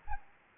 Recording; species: mosquito wingbeat signal from an infrared sensor; Anopheles arabiensis